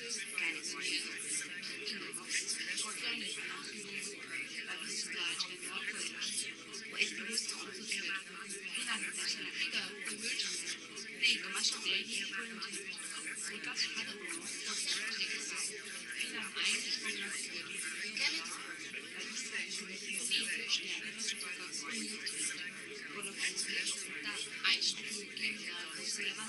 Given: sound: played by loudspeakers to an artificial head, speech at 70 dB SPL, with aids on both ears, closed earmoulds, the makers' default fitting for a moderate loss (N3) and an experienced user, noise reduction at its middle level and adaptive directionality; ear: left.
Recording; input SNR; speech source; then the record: speech test signal (ISTS) in cocktail-party noise; -6 dB; on the right (90 degrees)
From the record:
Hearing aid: class 2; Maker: J